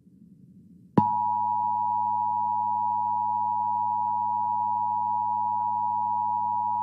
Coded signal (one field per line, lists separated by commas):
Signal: Emergency Alert System (SAME) tones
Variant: 853 and 960 Hz attention tone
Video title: 2021 National Emergency Alert System Test Compilation